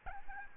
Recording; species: mosquito wingbeat signal from an infrared sensor; Aedes albopictus